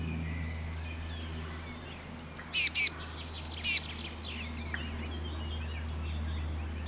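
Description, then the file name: Eurasian blue tit giving thin high notes and harsh buzzy churrs in two quick phrases, then fainter scattered chips, over a low steady hum. "Cyanistes caeruleus"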